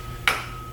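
The internal cam lock of a telescoping pole is rotated to disengage it so the pole's length can be adjusted. A single sharp, bright click at 0.3 s rises above a low background hum and a steady faint tone, then decays quickly. The cam lock is released.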